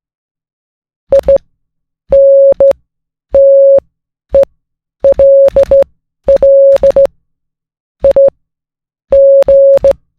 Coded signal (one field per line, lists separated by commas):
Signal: Morse code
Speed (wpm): 16 wpm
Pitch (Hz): 550 Hz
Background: music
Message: INTELLIG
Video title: Morning Coffee + Morse Code + Learning C++ | Ep.1